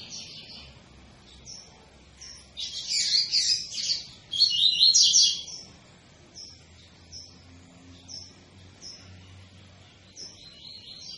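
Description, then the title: Double-collared seedeater song: quiet high chips at first, then two loud rapid twittering phrases in the middle, followed by scattered short high notes. Tui-tui song type; recording intended for teaching young birds the song (fibra, professor). "COLEIRO TUI TUI FIBRA CANTO PROFESSOR"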